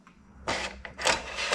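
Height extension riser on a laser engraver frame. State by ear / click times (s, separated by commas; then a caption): not seated / none. A height extension riser leg on an AlgoLaser PIXI laser engraver frame is handled and pushed up toward one of its 25, 50, 75 or 100 mm height steps. A broad scraping rush starts around 0.5 s, followed by a short tick at 0.85 s and louder sliding, rubbing bursts from about 1.0 s to the end. Nothing has seated or clicked yet.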